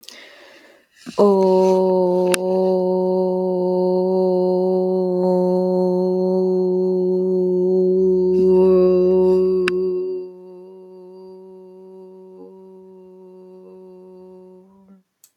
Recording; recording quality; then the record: sustained vowel as in boot; excellent, no background noise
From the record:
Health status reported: healthy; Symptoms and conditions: hypertension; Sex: female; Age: 28 years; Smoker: not ticked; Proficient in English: yes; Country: United States